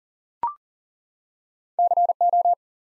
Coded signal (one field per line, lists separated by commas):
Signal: Morse code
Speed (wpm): 41 wpm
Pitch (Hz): 700 Hz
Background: none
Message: CO